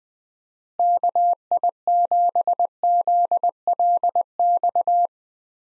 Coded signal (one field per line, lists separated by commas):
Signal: Morse code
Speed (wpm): 21 wpm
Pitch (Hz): 700 Hz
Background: none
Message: KI7ZLX